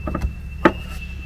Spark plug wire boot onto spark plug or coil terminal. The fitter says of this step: almost hear that thing snap in. One more little. It's not in yet.